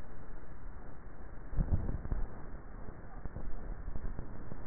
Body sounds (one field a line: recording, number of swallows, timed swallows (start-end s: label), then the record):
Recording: swallowing sounds by neck microphone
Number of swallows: 2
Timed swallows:
1.58-2.62 s: swallow
3.62-4.22 s: swallow
From the record:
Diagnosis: dysphagia